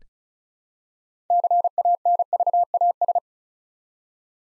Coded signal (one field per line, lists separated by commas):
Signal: Morse code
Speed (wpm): 36 wpm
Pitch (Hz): 700 Hz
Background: none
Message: CANVAS